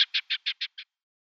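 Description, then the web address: Rock partridge × red-legged partridge hybrid display call: six harsh, evenly spaced chuck notes in quick succession, the last one weaker. Male in display; a hybrid of rock partridge and red-legged partridge. "Schulze Peter Hybrid Rockx Redlegged Partridge male display"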